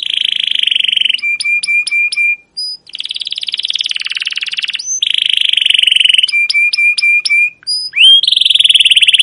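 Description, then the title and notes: Canary song with long buzzy rolling trills alternating with sharp repeated high chips and rising whistled notes, with brief gaps between phrases. Captive canary song used as a training lure for young canaries learning sounds; long continuous chirping style called cuit cuit ngerol. "CUIT CUIT NGEROL LANGSUNG GACOR PANJANG Kenari Ini AMPUH Utk Pancingan KENAR. PANCINGAN Kenari GACOR PANJANG Cuit CUIT EMOSI ini AMPUH utk MASTERAN Kenari PAUD belajar BUNYI. burung kenari"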